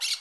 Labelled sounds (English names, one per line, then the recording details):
Brown-throated Parakeet contact call
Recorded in Curacao
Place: along powerline, near entrance of Santa Barbara resort
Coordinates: 12.068, -68.844